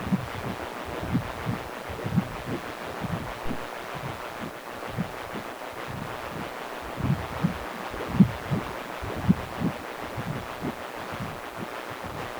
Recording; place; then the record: Doppler ultrasound of blood flow; precordium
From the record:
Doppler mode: continuous wave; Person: healthy adult, 18 to 50 years, no heart murmur, not diving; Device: 2.5 MHz transducer